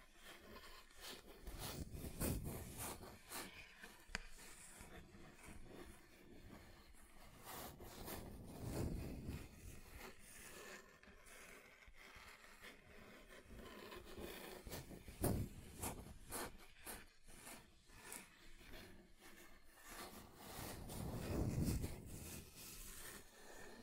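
Scratching across a table's surfaces, a dense, rough scraping that runs the whole time with uneven strokes and shifting grain. Sharper, louder scrapes stand out near 2, 9, 15 and 21 seconds, with a low rumble beneath the brighter scratchy texture.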